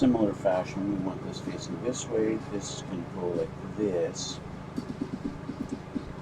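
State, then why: Not seated. A plastic part with two rectangular pegs from a Bandai MG RX-0 Unicorn Gundam plus MS Cage model kit is turned to face the right way and lined up with two holes in its mating part, ready to be pushed together. Someone talks over a steady low hum. Nothing has seated or clicked yet.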